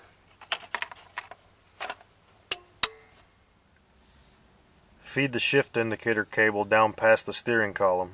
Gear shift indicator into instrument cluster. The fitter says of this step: there just slide it in place till it clicks